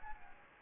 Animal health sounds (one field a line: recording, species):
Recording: mosquito wingbeat signal from an infrared sensor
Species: Anopheles gambiae